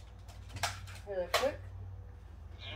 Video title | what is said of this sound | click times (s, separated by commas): Run and Jump | you hear the noise it makes right and it goes click yeah you got it now shoot oh my gosh | 0.6 s